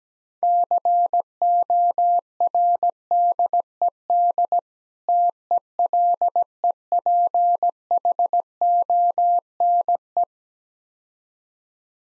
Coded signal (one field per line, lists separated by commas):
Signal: Morse code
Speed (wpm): 18 wpm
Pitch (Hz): 700 Hz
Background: none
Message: CORDED TELEPHONE